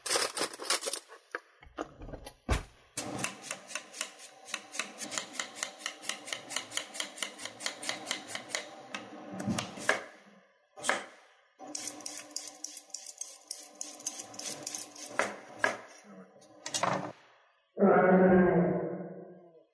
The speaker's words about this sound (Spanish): Estaba picando para hacer su comida. Picando para hacer su comida. Y seguro estaba entonces utilizando cuchillo.